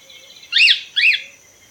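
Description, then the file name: Cockatiel calls: two loud, arched, screechy notes that rise and fall, about half a second apart, over a faint steady background hum. "cockatiel nymphicus hollandicus"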